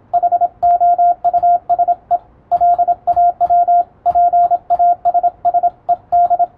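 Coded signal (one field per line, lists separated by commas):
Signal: Morse code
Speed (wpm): 27 wpm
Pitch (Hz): 700 Hz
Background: radio noise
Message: HOUSE LAW PASSED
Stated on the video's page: Morse reception practice for radiotelegraph operators, copied by typing; Morse formerly used between ships and coast stations.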